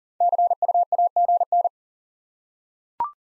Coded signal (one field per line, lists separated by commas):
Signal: Morse code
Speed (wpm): 40 wpm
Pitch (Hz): 700 Hz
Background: none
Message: CUAGN